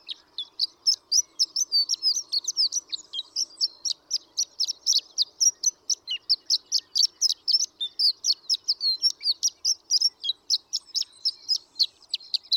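Horned lark song, a long, rapid run of high, tinkling chirps and twitters, continuous throughout.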